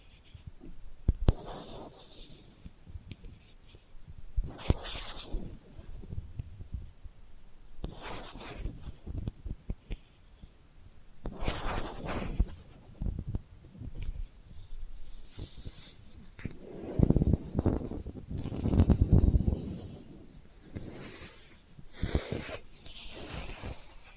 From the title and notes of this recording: ASMR Delicate Scratching for Sleep (No Talking).